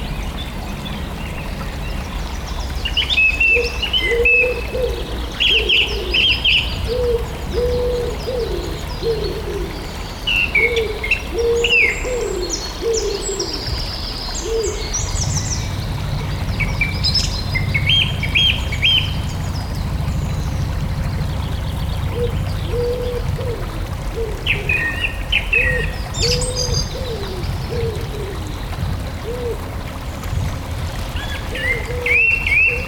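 Song thrush, robin, wren, willow warbler, wood pigeon and chaffinch sing in overlapping phrases over a steady low rumble, with cooing throughout.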